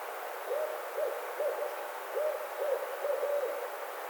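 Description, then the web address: Barred owl hooting, a rhythmic series of several slightly arched hoots near the same pitch, grouped in two bursts, with steady background hiss. Recorded 30 April 2009. "Barred Owl 2009 04 30"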